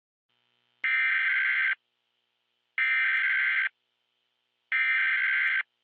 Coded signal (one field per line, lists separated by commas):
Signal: Emergency Alert System (SAME) tones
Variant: header bursts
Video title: EAS: Taki has Been Reported